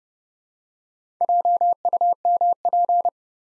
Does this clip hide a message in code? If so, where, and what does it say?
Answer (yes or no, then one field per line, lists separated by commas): yes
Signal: Morse code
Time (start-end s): 1.2-3.1 s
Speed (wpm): 30 wpm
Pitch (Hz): 700 Hz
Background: none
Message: JUMP